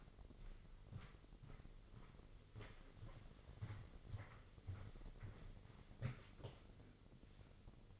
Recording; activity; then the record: daily activity, microphone in the room; walk to room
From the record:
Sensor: 4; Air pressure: 996.3 hPa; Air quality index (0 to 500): 78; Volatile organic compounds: 3 ppm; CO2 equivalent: 1486 ppm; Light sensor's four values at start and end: 19/52/20/21 and 18/50/19/20